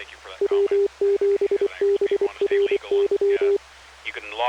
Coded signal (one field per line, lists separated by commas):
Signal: Morse code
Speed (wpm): 24 wpm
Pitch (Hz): 400 Hz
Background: speech, radio noise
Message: W7BRY